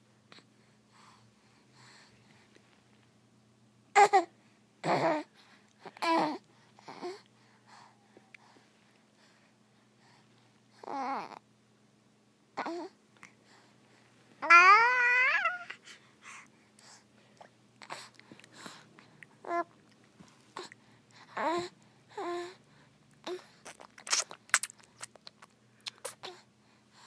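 Wet slurping in short separate bursts, some gurgling and wavering near fifteen seconds, with quiet gaps and a faint low hum throughout.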